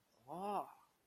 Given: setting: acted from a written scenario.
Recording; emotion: vocal sound without words; positive surprise